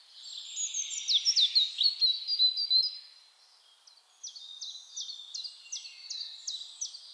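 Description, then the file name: European robin song: a rich tumble of high, varied warbled phrases, then after a short pause a run of quick, evenly spaced thin notes, all bright and high-pitched. "Erithacus rubecula"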